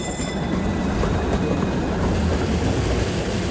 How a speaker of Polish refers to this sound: Tramwaj 16.